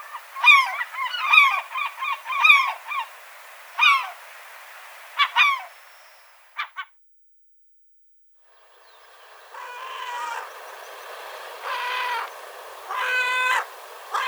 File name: CHajka serebristaja